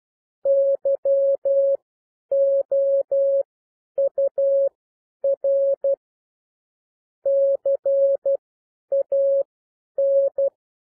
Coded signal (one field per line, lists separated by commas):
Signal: Morse code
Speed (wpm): 12 wpm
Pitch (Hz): 550 Hz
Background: none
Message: YOUR CAN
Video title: Improve Your Morse Code 9-12 WPM - 12-12 WPM